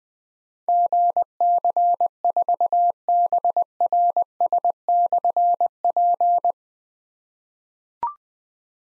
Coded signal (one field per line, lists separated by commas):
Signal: Morse code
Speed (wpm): 21 wpm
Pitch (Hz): 700 Hz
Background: none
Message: GC4BRS/P